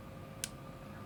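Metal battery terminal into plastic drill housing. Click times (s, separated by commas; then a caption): 0.4 s. A metal battery terminal is pressed into the plastic housing of a Tamiya Electric Handy Drill model-making kit (74041), giving a single short, bright snap at 0.4 s over a low steady background. The terminal snaps into place and is seated.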